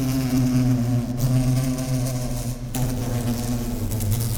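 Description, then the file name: Bumblebee wing buzz, a steady low droning hum with strong even overtones, slightly wavering in loudness throughout. "Humle"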